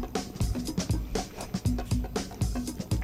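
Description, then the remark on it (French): Someone gulps down very cold, fizzy Dr Pepper from a can in a steady run of about eight swallows, each a low thump riding over a constant crackling carbonated hiss, with no talking. “Donc, on va se gargariser le tout. Oui, faire passer le tout.”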